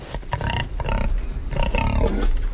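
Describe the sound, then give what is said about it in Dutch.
Pigs, called sun pigs by their farmer, grunting and squealing in a pig barn in De Heurne, Gelderland, Netherlands, overlapping bursts of harsh, throaty calls over a steady low rumble, loud throughout with no voices. “tellen ze voor een varkensboer uit het Gelderse De Heurne nog even door”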